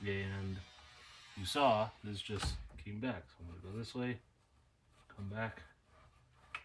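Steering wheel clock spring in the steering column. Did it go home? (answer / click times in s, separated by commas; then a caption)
yes / 6.5 s. Someone talks while the steering-wheel clock spring in the steering column of a WRX is turned back by hand. A short, sharp click at 6.6 s marks the clock spring seating back into its return position.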